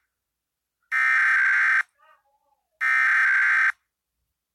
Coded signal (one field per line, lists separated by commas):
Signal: Emergency Alert System (SAME) tones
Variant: header bursts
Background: speech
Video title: 4 Pennsylvania EAS Required Monthly Tests (11/15/18) (EAS #6-9)